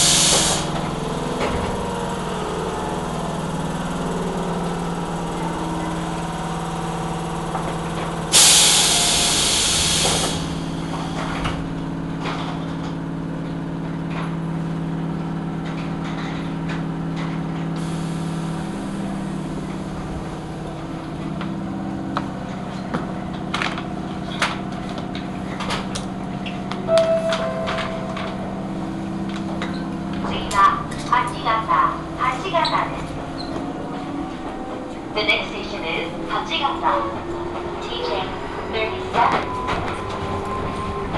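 A local train rumbles along a single-track line with a steady low hum, a loud burst of hiss near eight seconds, then clicks and rattles.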